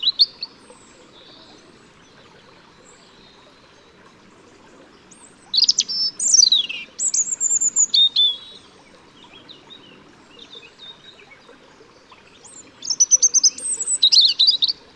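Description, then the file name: European robin song: a brief note at the start, then two bursts of high sliding whistles and quick twittering trills separated by a few seconds of quiet. "Erithacus rubecula"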